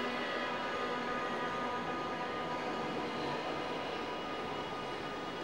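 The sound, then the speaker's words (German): A subway train arrives in Berlin with a steady, loud rumble and a sustained metallic whine layered over it, holding level throughout without pauses or voices. “Die U-Bahn kommt.”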